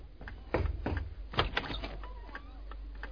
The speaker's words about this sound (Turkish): Hah bak, adını andım, kapı çaldı. Gelen mutlaka odur.